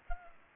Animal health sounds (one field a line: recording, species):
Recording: mosquito wingbeat signal from an infrared sensor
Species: Culex pipiens